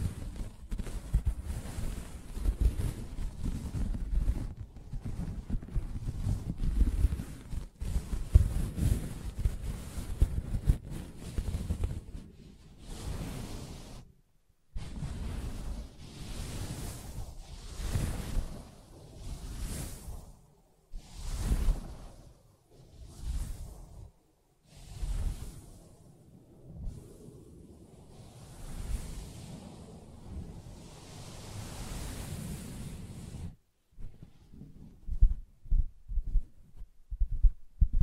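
Soft tapping and scratching on a fabric surface, with a dense, rough rubbing texture for the first dozen seconds. After that the sound breaks into separate swishing strokes with short silences between them, and near the end it turns into quick, low, muffled taps.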